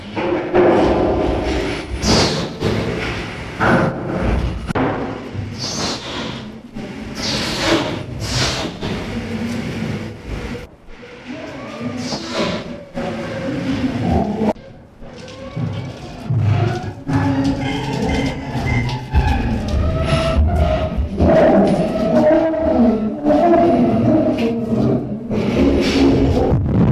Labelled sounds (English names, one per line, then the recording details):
Chimpanzee
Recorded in captivity
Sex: diverse
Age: diverse
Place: Tierpark Berlin, Berlin, DE
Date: 1964-11-29 10:00
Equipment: Telefunken Magnetophon 300, Sennheiser MD 421, Transistorverstärker, Kopie Smaragd
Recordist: Tembrock, Günter